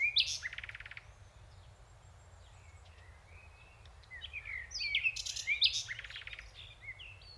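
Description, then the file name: Common nightingale song with buzzy rattling bursts, a long thin whistle, and later a cluster of sharp chirps and trills over steady background noise. "Luscinia megarhynchos"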